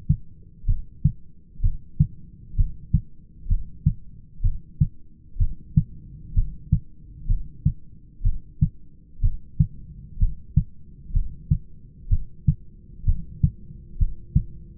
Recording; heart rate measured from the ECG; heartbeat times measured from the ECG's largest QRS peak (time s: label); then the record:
heart sounds by stethoscope; 63 bpm
0.68 s: heartbeat
1.63 s: heartbeat
2.58 s: heartbeat
3.50 s: heartbeat
4.44 s: heartbeat
5.40 s: heartbeat
6.36 s: heartbeat
7.29 s: heartbeat
8.24 s: heartbeat
9.23 s: heartbeat
10.20 s: heartbeat
11.14 s: heartbeat
12.11 s: heartbeat
13.07 s: heartbeat
14.00 s: heartbeat
From the record:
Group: heart failure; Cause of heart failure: idiopathic cardiomyopathy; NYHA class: 1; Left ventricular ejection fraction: 50%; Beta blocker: bisoprolol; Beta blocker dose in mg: 5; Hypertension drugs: candesartan, spironolactone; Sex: male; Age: 54 years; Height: 180 cm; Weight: 94.6 kg